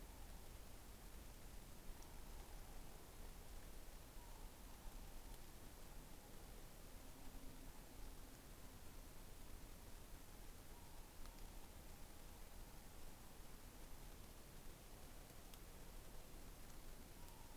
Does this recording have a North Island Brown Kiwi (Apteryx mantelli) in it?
no